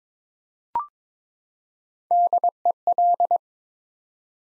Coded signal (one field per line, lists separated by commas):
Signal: Morse code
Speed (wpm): 22 wpm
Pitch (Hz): 700 Hz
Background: none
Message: DEL